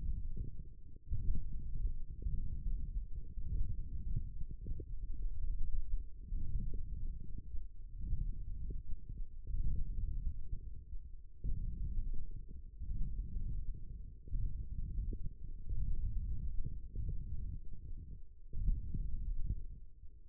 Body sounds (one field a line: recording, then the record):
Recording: forearm muscle sounds (acoustic myography)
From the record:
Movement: hand closing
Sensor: system 1, eight BSWA MPA416 microphones around the upper forearm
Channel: 7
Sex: male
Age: 18 years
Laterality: right